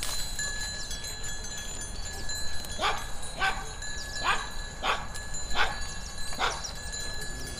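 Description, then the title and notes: Sheep ruminating: quiet start, then rhythmic crunchy chewing strokes through the second half, with faint steady high tones behind. Sheep ruminating in a green meadow; field recording at Caldas de São Paulo, Oliveira do Hospital. "ovelhas ruminando em prado verde. grvacao de campo num prado verde em caldas de sao paulo, oliveira do hospital"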